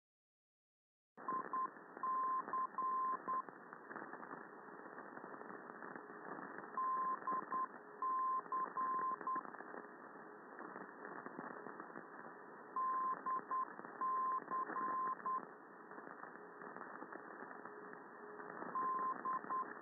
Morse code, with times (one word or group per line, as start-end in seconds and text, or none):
1.3-1.7 I
2.0-3.4 C
6.8-7.7 D
8.0-9.4 C
12.8-13.6 D
14.0-15.4 C
18.8-19.6 D